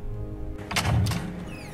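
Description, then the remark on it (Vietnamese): A door creaks open over a low background hum, with a short grinding, rasping stretch in the middle that fades into quieter tones. “Có tiếng kẹt cửa.”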